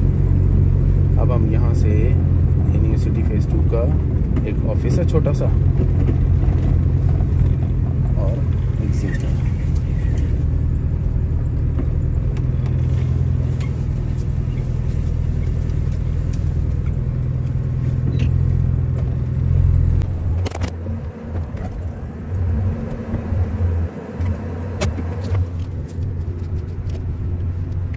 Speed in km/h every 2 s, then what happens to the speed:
19, 18, 15, 12, 8, 7, 0, 0, 0, 0, 12, 0, 0, 0.
0-11 slows to 0. 11-18 standing. 21-28 standing.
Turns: 6-9.